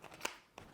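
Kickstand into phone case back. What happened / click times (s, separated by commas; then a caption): The plastic flap snapped shut into place / 0.2 s. The built-in kickstand on a rugged plastic Supcase UB Pro phone case for a Galaxy S23 Ultra is folded back flat into the case back after its viewing angles are shown. A sharp, bright snap sounds at 0.3 s, followed by a fainter tap at about 0.6 s. The kickstand snaps closed and sits back in place.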